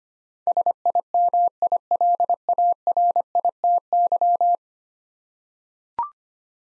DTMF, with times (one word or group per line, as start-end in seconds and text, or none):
none